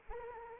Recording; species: mosquito wingbeat signal from an infrared sensor; Anopheles arabiensis